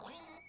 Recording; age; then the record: pig call; piglet (1 to 25 days)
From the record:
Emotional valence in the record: negative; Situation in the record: long isolation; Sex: female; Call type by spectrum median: high-frequency call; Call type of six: high-frequency stable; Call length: 0.49 s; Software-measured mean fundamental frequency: 288 Hz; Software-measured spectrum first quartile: 866 Hz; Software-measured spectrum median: 2530 Hz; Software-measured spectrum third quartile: 5374 Hz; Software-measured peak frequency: 4532 Hz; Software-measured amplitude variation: 69 dB a second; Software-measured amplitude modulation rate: 25.5 a second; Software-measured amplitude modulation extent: 2.7 dB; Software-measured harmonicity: 4.7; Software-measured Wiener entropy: -2.26